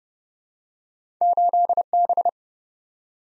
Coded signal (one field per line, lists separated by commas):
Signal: Morse code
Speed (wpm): 31 wpm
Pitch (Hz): 700 Hz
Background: none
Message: 8B